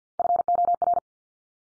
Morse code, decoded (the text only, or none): FOR